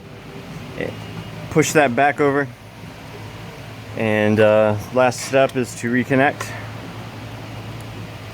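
Someone talks over a steady low hum while handling the electrical wiring connector as the last step of replacing the purge valve on a Mercedes GLK350 engine, about to push it back onto the new purge valve. The connector has not seated or clicked in yet.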